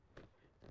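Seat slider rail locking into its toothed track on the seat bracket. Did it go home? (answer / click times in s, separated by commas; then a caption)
yes / 0.2 s. A metal seat slider rail on a racing seat bracket is pulled and moved on its own to line up its locking teeth with the toothed track. It clicks into place at 0.2 s, with a second, quieter click near 0.7 s, and the rail is seated.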